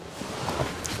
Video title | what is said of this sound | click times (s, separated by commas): Audi GT e-tron RS 2022 - IS THIS BETTER THAN PORSCHE TAYCAN? | put that up again and you will hear the click in that you do have a third person sitting here now | 0.9 s